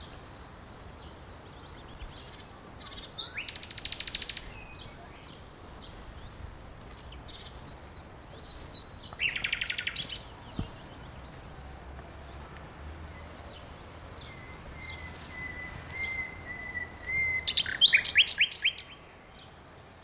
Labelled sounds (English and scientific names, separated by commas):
Common Nightingale (Luscinia megarhynchos)